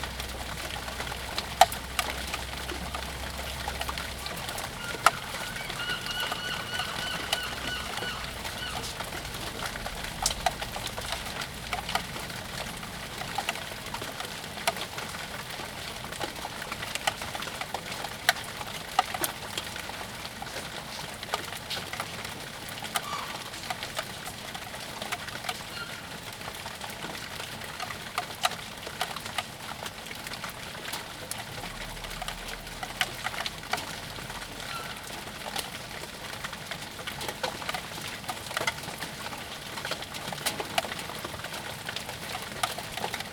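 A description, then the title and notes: Rain falls steadily in a backyard, a dense, even patter of fine crackling drops that holds for the whole stretch. Brighter individual ticks stand out now and then, and a faint low hum sits underneath near the start and again late on. Rain, backyard.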